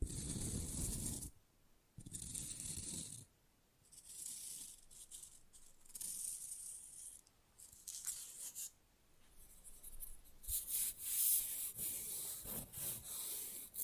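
Fast, rough nail filing comes in bursts of gritty back-and-forth scraping, heaviest in the first three seconds and again from about ten seconds on. Short pauses separate the strokes, and lighter scratchy rubbing fills the middle stretch.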